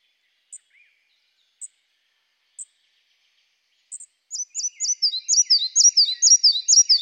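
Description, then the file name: Red-breasted flycatcher giving sharp high ticks about once a second, then breaking into a fast, repeated series of bright, downslurred whistled notes. "Mathias Ritschard - Malaya muholovka Ficedula parva"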